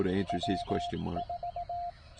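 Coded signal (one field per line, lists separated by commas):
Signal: Morse code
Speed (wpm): 17 wpm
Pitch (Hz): 700 Hz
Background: speech, radio noise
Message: W4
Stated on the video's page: CW park activation on a Penntek TR-45L transceiver, its first outing.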